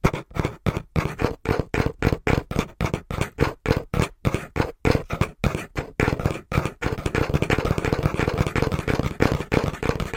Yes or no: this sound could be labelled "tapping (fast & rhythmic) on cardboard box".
yes